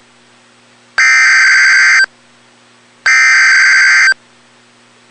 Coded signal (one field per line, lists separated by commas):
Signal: Emergency Alert System (SAME) tones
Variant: header bursts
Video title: EAS Alerts #123-124